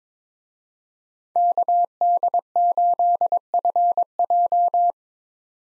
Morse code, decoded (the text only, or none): KD8FJ